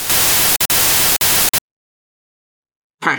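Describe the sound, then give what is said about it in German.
Harsh, steady static hiss from a suspicious object in a supermarket, growing slightly louder, with a few brief dropouts, then it cuts off abruptly into silence, followed by a short faint sound right at the end. “Das Rauschen wurde noch eine Spur lauter, um dann plötzlich abrupt abzubrechen.”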